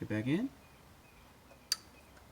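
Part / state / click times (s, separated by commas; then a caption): serviced engine part going back into its mount on an outboard motor / seated / 1.7 s. During a 100-hour service on a Yamaha F200 outboard motor, someone talks briefly, then a removed engine part is pushed back into its mount. A single sharp click sounds at 1.7 seconds as the part seats back in place.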